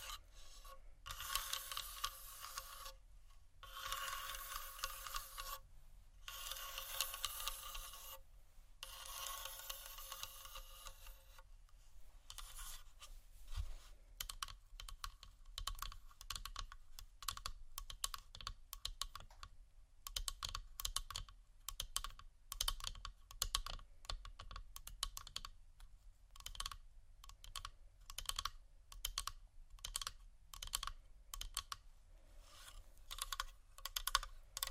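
Soft tapping and scratching on plastic. The first twelve seconds hold bright, steady crinkling and rasping in long strokes broken by short pauses. After that the sound turns into quick, irregular clicks and taps, dense like typing, which continue to the end.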